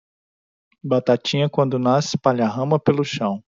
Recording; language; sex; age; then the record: short text; Brazilian Portuguese; male; 30 to 39 years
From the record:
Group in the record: control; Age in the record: 37 years